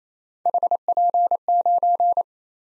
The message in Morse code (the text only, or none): HP9